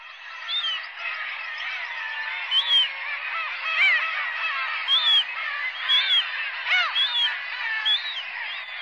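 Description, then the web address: Black-tailed gulls giving mewing calls, several clearer rising-falling cries standing out about once a second over a steady background of many gulls. Recorded in the Sakhalin and Kuril Islands. "priroda sakhalina i kuril. Larus crassirostris"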